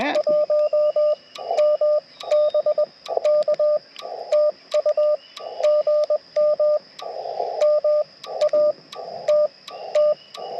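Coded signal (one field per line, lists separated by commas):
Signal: Morse code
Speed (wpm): 20 wpm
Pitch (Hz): 600 Hz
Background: radio noise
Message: 1 MBK TU GM MATT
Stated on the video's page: CW Parks on the Air activation with a Yaesu FT-891 and a Chameleon MPAS Lite antenna.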